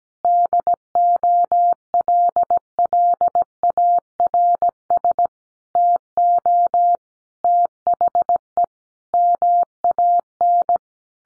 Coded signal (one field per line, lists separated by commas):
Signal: Morse code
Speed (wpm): 17 wpm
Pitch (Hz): 700 Hz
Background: none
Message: DOLLARS TO THE MAN